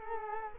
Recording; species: mosquito wingbeat signal from an infrared sensor; Culex quinquefasciatus